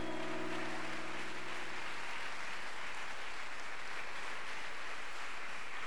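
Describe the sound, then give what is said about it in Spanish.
A church audience, standing during a sermon, applauds Jesus Christ in a steady, dense wash of clapping that fills the whole clip, with a faint low hum fading out during the first two seconds; no one speaks. “Le digo que ese aplauso para un político es demasiado, pero para el Rey de Reyes, adórelo.”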